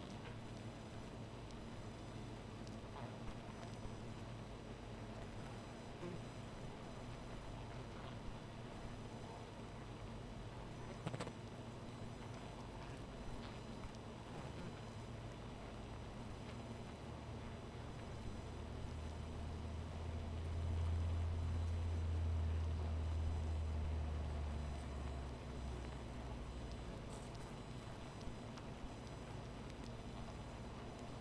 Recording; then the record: honeybee colony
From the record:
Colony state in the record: missing queen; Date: 14 July 2017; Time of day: 0:09